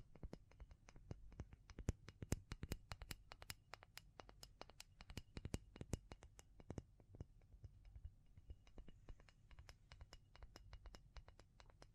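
Tapping and scratching in quick, irregular clusters of sharp clicks across the full twelve seconds, over a soft, low rumble underneath.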